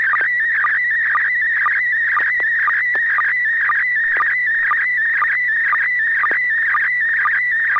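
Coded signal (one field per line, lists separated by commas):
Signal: SSTV (slow-scan television)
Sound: warbling, chirping tone sweeping up and down, with rhythmic low ticks about twice a second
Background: low hum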